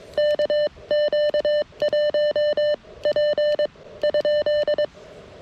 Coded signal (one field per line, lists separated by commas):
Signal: Morse code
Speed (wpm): 22 wpm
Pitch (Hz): 600 Hz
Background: none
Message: KQ1P ?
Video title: KX1 Redux: CW POTA at K-5221